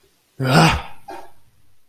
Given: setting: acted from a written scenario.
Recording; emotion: vocal sound without words; negative surprise